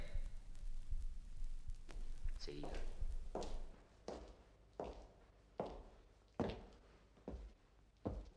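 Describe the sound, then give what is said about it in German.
Slow, steady footsteps thud across a wooden floor, roughly eight firm, evenly spaced steps after a few seconds of soft shuffling and low background murmur, part of the sounds Clemens von Wedemeyer added to an installation spread over two floors. “Beim Gang durch die beiden Etagen hört man immer wieder das Klopfen an Türen, Klirren von Schlüsselbünden und Schritte auf Holzstielen.”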